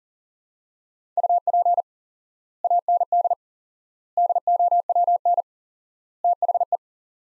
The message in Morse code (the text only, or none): UP AND DOWN THE